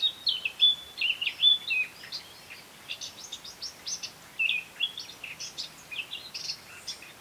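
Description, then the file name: Eurasian blackcap giving a few clear fluty whistles at the start, then a quick run of short scratchy, chattering notes repeated in uneven bursts. "Sylvia atricapilla"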